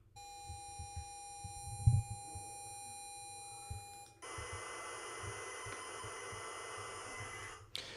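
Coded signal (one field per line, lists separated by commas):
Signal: computer data on cassette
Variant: Apple-1 Cassette Interface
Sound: steady pitched lead tone for four seconds, then a harsh buzzing data screech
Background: low thumping handling noise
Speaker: when you take a wave file of an Apple 1 program uh which sounds like this by the way.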